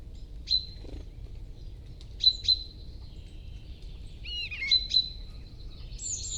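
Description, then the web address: Common starling calls: sharp, high clicks in small spaced groups, then a brief chattering tangle of notes and a thin whistle at the end. "Estornino pinto"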